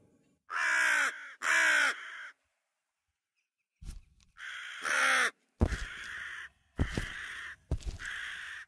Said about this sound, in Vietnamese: Bước đi được đến đầu con hẻm thì chợt một con quạ từ đâu bay liệng tới xà đậu xuống trước cái cột gỗ, rồi nó mở miệng kêu lớn lên những âm thanh đầy đáng sợ. Quạ kêu là điềm báo rằng sắp sửa có người sẽ phải chết.